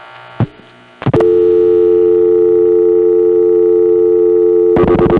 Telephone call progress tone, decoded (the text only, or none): dial tone